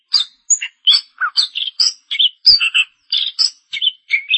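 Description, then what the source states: Long-tailed shrike song: rapid chattering sequence of mixed whistles and rasping notes, delivered almost continuously. Recorded March 2017.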